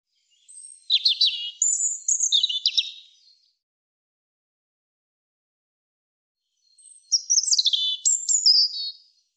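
European robin song: two separate phrases of thin, high, tumbling warbles and trills, each about two to three seconds long, with a silent gap of several seconds between them.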